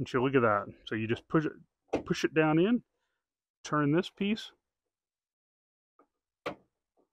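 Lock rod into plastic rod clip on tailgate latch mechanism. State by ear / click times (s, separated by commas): seated / 6.0 s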